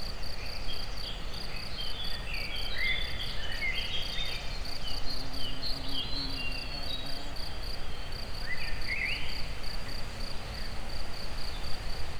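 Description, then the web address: Cricket song: a steady, high, rapidly pulsed trill running without pause, with scattered bird chirps and twittering in the background. Outdoors in nature near the Egér tourist house. "allathangok termeszetben rovarok tobbfelerovar tucsokis egerturistahaz"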